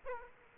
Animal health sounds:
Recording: mosquito wingbeat signal from an infrared sensor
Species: Aedes aegypti

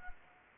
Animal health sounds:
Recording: mosquito wingbeat signal from an infrared sensor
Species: Anopheles gambiae

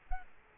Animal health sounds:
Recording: mosquito wingbeat signal from an infrared sensor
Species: Culex quinquefasciatus

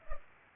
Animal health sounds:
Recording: mosquito wingbeat signal from an infrared sensor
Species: Culex pipiens

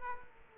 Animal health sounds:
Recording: mosquito wingbeat signal from an infrared sensor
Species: Culex quinquefasciatus

